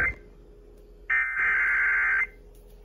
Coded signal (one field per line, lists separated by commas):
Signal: Emergency Alert System (SAME) tones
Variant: header bursts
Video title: SVR (REAL EAS#2246)